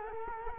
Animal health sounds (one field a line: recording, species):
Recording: mosquito wingbeat signal from an infrared sensor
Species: Culex quinquefasciatus